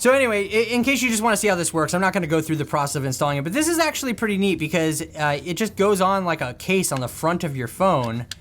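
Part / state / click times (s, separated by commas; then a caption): screen protector applicator frame onto smartphone / not seated / none. A plastic applicator frame holding a tempered glass screen protector for a smartphone is being handled, ready to be pushed over the front of the phone like a case. Someone talks throughout, with no distinct impacts. Nothing has seated or clicked yet.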